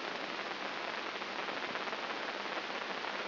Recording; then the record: brain microelectrode recording played as sound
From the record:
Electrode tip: inside the subthalamic nucleus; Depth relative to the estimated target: -2 mm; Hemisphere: left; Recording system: AlphaMap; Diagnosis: Parkinson's disease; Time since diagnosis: 7 years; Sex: female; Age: 55 years